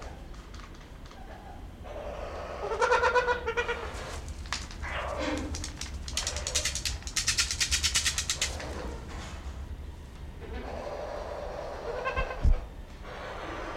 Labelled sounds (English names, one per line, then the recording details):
Trumpeter Hornbill
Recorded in captivity
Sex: pair
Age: adult
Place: Zoo Berlin, Berlin, DE
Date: 1994-02-11 11:47
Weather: Bedeckt, 4°C
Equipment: Marantz CP 130, Sennheiser ME 80, Kopie Uher Variocord 263
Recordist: Tembrock, Günter
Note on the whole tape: Männchen und Weibchen (höhere Stimme): Lautfolgen und Schnabelkratzen. Abstand 50 cm bis 1 m